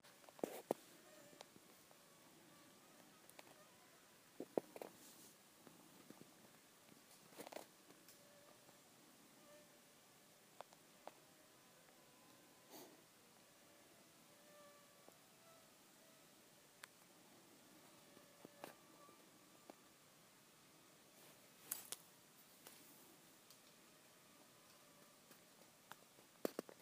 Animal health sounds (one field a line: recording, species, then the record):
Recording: mosquito flight sound by mobile phone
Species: Aedes sierrensis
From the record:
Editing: field recording with all noises